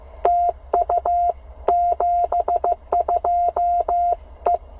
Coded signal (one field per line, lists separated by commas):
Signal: Morse code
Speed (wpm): 16 wpm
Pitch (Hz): 720 Hz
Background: none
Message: TU 72E